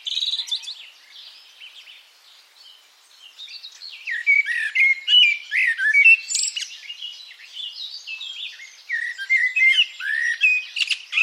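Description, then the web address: Bird song, chirps and short whistled notes; a quieter stretch early on, then a lively burst of quick twittering through the second half. "cianscape birddata Deverinetal 2025 Bird Only"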